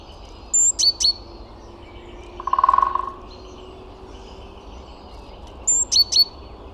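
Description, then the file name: Great tit calls: two quick bursts of high sharp notes with a thin whistle, separated by a brief lower buzzy sound, over steady low background noise. "Parus major"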